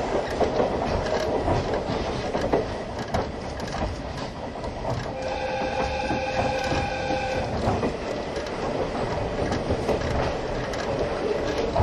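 Onboard an old-style passenger coach train running along the line, a dense, steady rumble of wheels and carriage fills the recording. Sharp clacks over rail joints come at irregular intervals, and from about five to seven seconds a thin, high metallic squeal rings above the noise.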